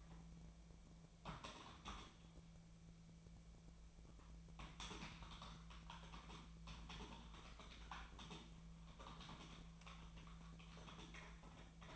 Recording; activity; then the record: daily activity, microphone in the room; typing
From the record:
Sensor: 1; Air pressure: 1000.2 hPa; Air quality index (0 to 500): 141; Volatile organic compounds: 3 ppm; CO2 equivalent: 1329 ppm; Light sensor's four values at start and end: 31/77/32/39 and 30/74/31/38